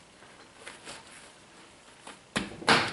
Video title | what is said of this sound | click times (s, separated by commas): Guide: How to Select the Best Corner Post Kit for Your Tractor Interior | go pops into position you hear that thing snap you know what's in there | 2.7 s